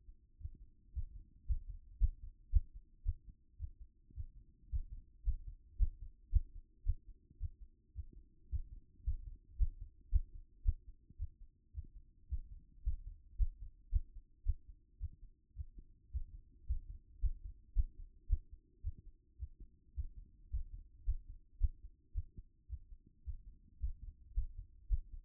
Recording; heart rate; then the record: heart sounds by stethoscope; 111 bpm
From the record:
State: after exercise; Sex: female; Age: 28 years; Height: 167 cm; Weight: 60 kg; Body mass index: 21.51